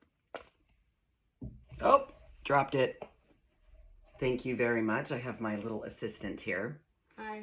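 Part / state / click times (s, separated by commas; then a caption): makeup color pan into compact palette / not seated / none. A cream foundation color pan that was just dropped and handed back is handled near a small makeup compact or palette while someone talks, with a brief sharp tap near 0.4 s. Nothing has clicked into place yet; the pan is not seated in the compact.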